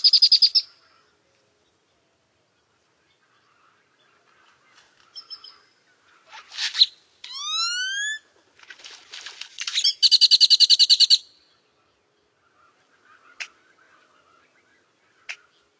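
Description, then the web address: Great-tailed grackle song: a harsh buzzy burst, a clicking rattle, then a rapid series of loud rising whistles, followed by a clattering buzz and a few sharp clicks. "Songs of Birds of North America Stokes. Great-tailed Grackle"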